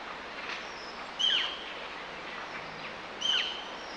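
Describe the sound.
Bird call, two short sharp notes with a quick downward slur about two seconds apart, over steady hiss.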